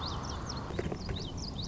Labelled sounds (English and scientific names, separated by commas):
Common Yellowthroat (Geothlypis trichas)